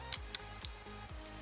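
The cap of a fake liquid lipstick is pushed onto its plastic tube to test whether it clicks like the original. Short ticks come at 0.1 s and 0.7 s, and the sharpest click at 0.3 s is the cap seating onto the tube, confirming it clicks shut over a steady low background hum.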